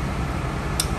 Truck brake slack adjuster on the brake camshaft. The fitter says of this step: i can't turn the wheel so now what you got to do is take three clicks off